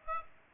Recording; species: mosquito wingbeat signal from an infrared sensor; Aedes aegypti